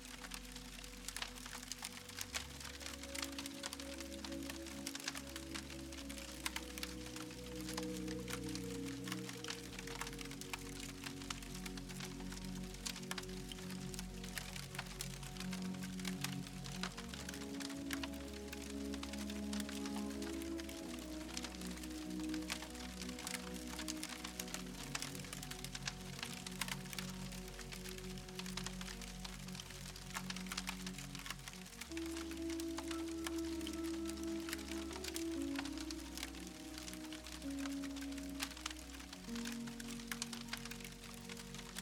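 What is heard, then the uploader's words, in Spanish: Soft, slow music with low sustained tones and gentle melody plays over a dense, steady crackle of a campfire throughout. SUEÑO Reparador con MÚSICA Suave y el Sonido de una FOGATA. Las suaves melodías se mezclan armoniosamente con el crepitar relajante de una fogata.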